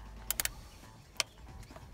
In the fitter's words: it can you hear the click okay